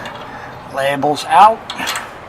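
Someone turns the locking piece for a one-piece garage door's spring counterbalance bracket around so the labels face out, since otherwise it won't lock in, while quiet metallic handling sounds continue and someone talks. Nothing has seated or clicked yet.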